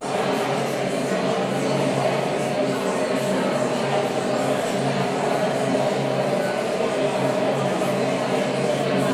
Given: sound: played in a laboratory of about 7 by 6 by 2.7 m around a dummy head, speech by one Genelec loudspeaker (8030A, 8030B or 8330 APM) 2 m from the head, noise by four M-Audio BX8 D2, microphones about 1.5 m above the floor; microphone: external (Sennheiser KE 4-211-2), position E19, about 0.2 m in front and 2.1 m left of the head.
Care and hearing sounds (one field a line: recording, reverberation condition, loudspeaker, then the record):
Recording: babble noise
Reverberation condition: high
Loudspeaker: four, about 170 cm from the corners of the room and facing them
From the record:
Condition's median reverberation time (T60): about 1300 ms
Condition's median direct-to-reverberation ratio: about -4.0 dB